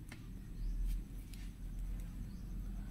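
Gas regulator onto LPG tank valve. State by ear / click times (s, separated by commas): not seated / none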